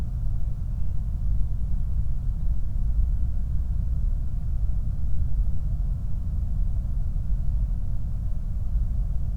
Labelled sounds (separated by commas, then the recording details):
flare stack
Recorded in the Prudhoe Bay oil fields, Alaska, on 8 July 2019 at 00:02
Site 25